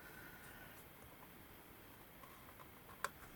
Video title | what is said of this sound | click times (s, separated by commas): Gingerbread Advent House Overview and Assembly Tutorial | And you can actually hear it like snap into place. | 3.0 s